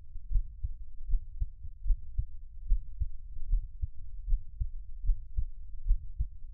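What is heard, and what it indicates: Steady, regular lub-dub heartbeat, about 75 beats a minute, with soft low hum and no talking.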